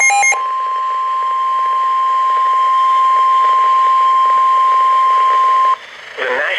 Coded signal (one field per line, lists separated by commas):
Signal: Emergency Alert System (SAME) tones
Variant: 1050 Hz attention tone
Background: speech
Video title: Special Marine Warning | EAS #371